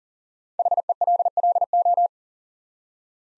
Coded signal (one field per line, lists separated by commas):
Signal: Morse code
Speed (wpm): 38 wpm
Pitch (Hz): 700 Hz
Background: none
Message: HELLO